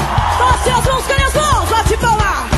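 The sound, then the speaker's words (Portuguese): A loud crowd yells and whoops in overlapping, rising cries, sustained throughout, over a steady thumping bass beat. “Grite aí.”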